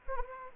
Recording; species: mosquito wingbeat signal from an infrared sensor; Anopheles gambiae